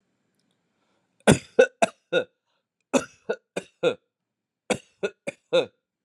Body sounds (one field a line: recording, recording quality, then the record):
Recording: heavy voluntary cough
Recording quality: excellent, no background noise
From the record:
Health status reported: healthy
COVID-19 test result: not tested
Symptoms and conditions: none ticked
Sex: male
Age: 46 years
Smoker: not ticked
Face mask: not worn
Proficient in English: yes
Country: India